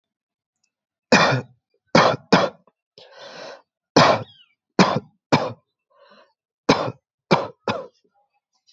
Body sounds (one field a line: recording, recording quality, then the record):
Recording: heavy voluntary cough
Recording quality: excellent, no background noise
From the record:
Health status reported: healthy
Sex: male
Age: 18 years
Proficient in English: yes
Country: India